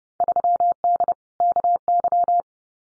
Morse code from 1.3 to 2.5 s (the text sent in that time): KY